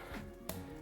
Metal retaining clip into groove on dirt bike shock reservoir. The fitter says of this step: where you heard that snap.